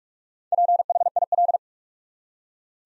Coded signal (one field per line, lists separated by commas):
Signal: Morse code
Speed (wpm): 41 wpm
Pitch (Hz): 700 Hz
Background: none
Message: PHIL